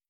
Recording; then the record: hydrophone in a shrimp aquaculture tank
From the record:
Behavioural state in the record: starved